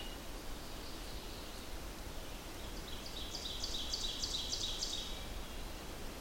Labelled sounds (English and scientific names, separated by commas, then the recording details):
Ovenbird (Seiurus aurocapilla) song
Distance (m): 65 m
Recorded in boreal forest in Alberta, Canada, on 14 June 2016 at 07:15
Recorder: SongMeter 3, array SBT-3-33
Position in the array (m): 285 m, 289 m
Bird 22